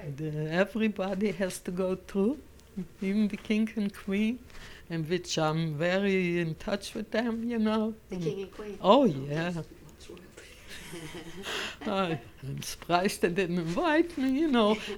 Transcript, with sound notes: Everybody has to go through, even the king and queen, and which I'm very in touch with them, you know.
The king and queen.
Oh, yeah. ( they laugh ) I'm surprised they didn't invite me, you know.